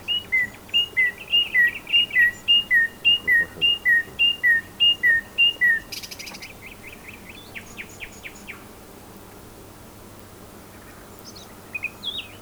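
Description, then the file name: Common nightingale song: a long series of paired whistled notes, then a few buzzy strokes and a quiet gap before soft notes return. "Luscinia megarhynchos"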